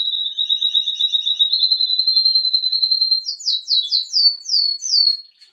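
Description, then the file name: Canary singing a long rolling trill held at one pitch, then a string of fast downward-swooping whistled notes repeated several times; clean with no background noise. Mehringer canary song, used for training songbirds. "suara kenari mehringer"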